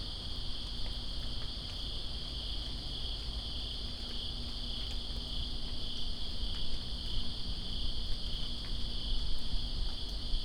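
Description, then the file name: Steady high cricket trilling runs throughout while rain noise swells slightly louder toward the end, with scattered drip ticks. Crickets recorded with rain in Greensboro on September 2, 2017. "Greensboro Crickets And Rain September 02 2017"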